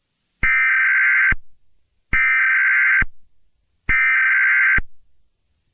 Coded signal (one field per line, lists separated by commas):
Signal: Emergency Alert System (SAME) tones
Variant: header bursts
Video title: EAS Scenario: The Second Great Blue Norther in October ? #easscenario